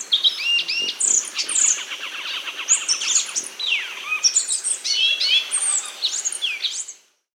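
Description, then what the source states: Thick-billed euphonia calls: a busy run of bright chirps, quick rising and falling whistles and buzzy notes, packed closely together for about seven seconds. South America.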